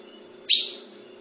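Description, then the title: Ultramarine grosbeak producing one short, bright chip with a quick fading tail, against a faint steady hum. "Azulao"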